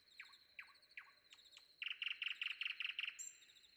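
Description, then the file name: Common nightingale song fragment: five drooping slurred notes followed by a fast rhythmic series of bright repeated chirps, ending in a short high trill. Common nightingale singing before dawn. "predawn nightingale"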